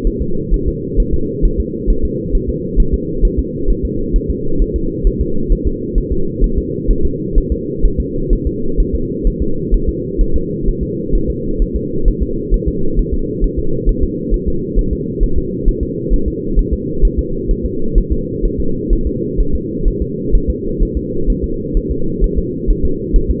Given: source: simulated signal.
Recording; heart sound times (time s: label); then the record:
fetal heart sounds
0.07 s: S1
0.22 s: S2
0.54 s: S1
0.68 s: S2
1.00 s: S1
1.14 s: S2
1.45 s: S1
1.60 s: S2
1.90 s: S1
2.05 s: S2
2.35 s: S1
2.49 s: S2
2.80 s: S1
2.94 s: S2
3.25 s: S1
3.39 s: S2
3.70 s: S1
3.85 s: S2
4.16 s: S1
4.30 s: S2
4.62 s: S1
4.76 s: S2
5.07 s: S1
5.21 s: S2
5.52 s: S1
5.67 s: S2
5.98 s: S1
6.12 s: S2
6.44 s: S1
6.58 s: S2
6.91 s: S1
7.05 s: S2
7.38 s: S1
7.52 s: S2
7.85 s: S1
8.00 s: S2
8.33 s: S1
8.47 s: S2
8.80 s: S1
8.95 s: S2
9.27 s: S1
9.42 s: S2
9.74 s: S1
9.89 s: S2
10.21 s: S1
10.36 s: S2
10.68 s: S1
10.83 s: S2
11.15 s: S1
11.30 s: S2
11.62 s: S1
11.76 s: S2
12.08 s: S1
12.23 s: S2
12.54 s: S1
12.68 s: S2
12.99 s: S1
13.14 s: S2
13.44 s: S1
13.59 s: S2
13.89 s: S1
14.03 s: S2
14.34 s: S1
14.48 s: S2
14.79 s: S1
14.93 s: S2
15.23 s: S1
15.38 s: S2
15.68 s: S1
15.83 s: S2
16.14 s: S1
16.28 s: S2
16.59 s: S1
16.73 s: S2
17.05 s: S1
17.19 s: S2
17.51 s: S1
17.66 s: S2
17.98 s: S1
18.12 s: S2
18.45 s: S1
18.60 s: S2
18.93 s: S1
19.07 s: S2
19.40 s: S1
19.55 s: S2
19.88 s: S1
20.02 s: S2
20.35 s: S1
20.50 s: S2
20.83 s: S1
20.97 s: S2
21.30 s: S1
21.44 s: S2
21.77 s: S1
21.91 s: S2
22.24 s: S1
22.38 s: S2
22.70 s: S1
22.85 s: S2
23.16 s: S1
23.30 s: S2
From the record:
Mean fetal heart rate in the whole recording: 130 bpm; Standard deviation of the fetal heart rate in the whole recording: 2 bpm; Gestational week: 38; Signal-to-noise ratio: -8.1 dB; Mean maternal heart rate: 72 bpm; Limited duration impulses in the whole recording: absent